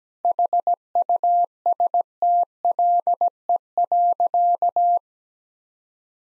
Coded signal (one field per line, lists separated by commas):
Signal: Morse code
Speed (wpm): 17 wpm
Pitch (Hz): 700 Hz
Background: none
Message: HUSTLE.